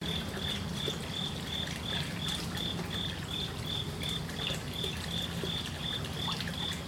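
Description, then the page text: Crickets chirping in a steady high-pitched pulse, nearly three chirps a second, over constant dripping and gently surging water. Crickets chirping beside a small water feature in a koi fish pond, with surging, drippy water movement. "Lynne Music 2. Koi Pond With Crickets Loop: Water movement, slightly surging, drippy. Small water feature in fish pond, with crickets chirping. package of Swamp, Marsh & Woods"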